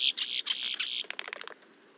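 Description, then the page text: Boat-tailed grackle giving loud, grating, buzzy calls that break into a fast dry rattle before fading. "Лодкохвостый гракл (Quiscalus major)"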